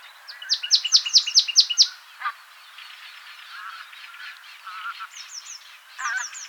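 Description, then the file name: Marsh tit calls: a fast string of sharp, high falling notes, then softer buzzy nasal sounds and a few further thin chips near the end. "Poecile palustris"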